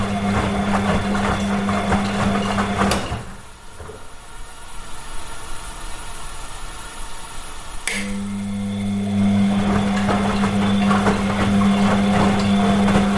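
A running washing machine hums steadily, drops to a quieter churning pause from about three to eight seconds, then resumes its low drone with a click.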